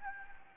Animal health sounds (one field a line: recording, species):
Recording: mosquito wingbeat signal from an infrared sensor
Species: Anopheles gambiae